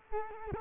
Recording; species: mosquito wingbeat signal from an infrared sensor; Culex quinquefasciatus